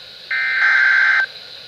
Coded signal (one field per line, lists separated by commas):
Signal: Emergency Alert System (SAME) tones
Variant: header bursts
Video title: KIG77 COOKS!! EAS Alerts from 6/12 and 6/13/26 (EAS #1,460-#1,467)